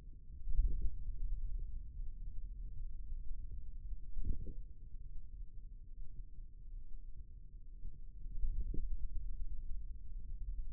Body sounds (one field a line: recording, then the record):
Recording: forearm muscle sounds (acoustic myography)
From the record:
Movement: ulnar deviation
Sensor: system 2, bracelet of six BSWA MPA416 microphones around the upper forearm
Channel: 4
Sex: male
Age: 22 years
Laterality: right